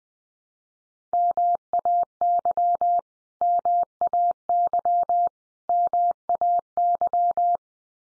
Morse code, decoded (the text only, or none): MAY MAY MAY